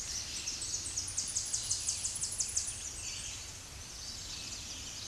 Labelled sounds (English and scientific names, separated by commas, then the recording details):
Tennessee Warbler (Leiothlypis peregrina) song
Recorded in a Pennsylvania forest on 16 May 2024 at 07:59
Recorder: AudioMoth, point MSD-1293
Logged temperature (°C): 12.0 °C
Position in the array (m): 18 m, 121 m